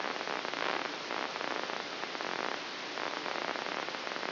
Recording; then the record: brain microelectrode recording played as sound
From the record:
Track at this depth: outside the subthalamic nucleus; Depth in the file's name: 7.304 mm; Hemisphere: left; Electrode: 2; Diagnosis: Parkinson's disease